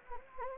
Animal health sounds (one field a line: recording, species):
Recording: mosquito wingbeat signal from an infrared sensor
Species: Anopheles gambiae